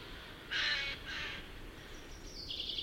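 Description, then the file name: Eurasian jay giving a brief double rasping screech, followed by a faint high thin tone. "Garrulus glandarius"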